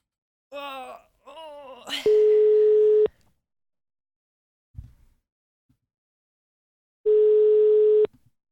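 Telephone ringback tone on an outgoing call: two steady, mid-pitched one-second beeps about four seconds apart, preceded by a short warbling voice-like sound and a soft thump in the gap.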